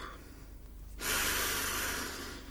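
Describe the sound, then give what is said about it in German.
After a second of near silence, a person at an open window draws one long, loud, airy deep breath in through the mouth, a steady rushing hiss lasting over a second before easing off slightly. “Stellen Sie sich dreimal täglich ans offene Fenster, atmen Sie tief ein und sagen dabei: Muff.”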